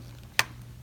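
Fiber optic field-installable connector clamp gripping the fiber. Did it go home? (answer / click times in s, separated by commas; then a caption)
yes / 0.4 s. A clamp (cam) on a fiber optic field-installable connector is snapped down to grip the fiber after checking that the fiber is inserted correctly. A single sharp, bright snap at 0.4 s stands out over a faint steady low hum. The cam closes and the connector is seated, holding the fiber in place.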